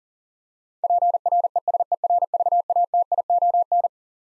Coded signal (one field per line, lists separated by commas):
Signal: Morse code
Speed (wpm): 40 wpm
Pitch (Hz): 700 Hz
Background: none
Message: PRESERVATION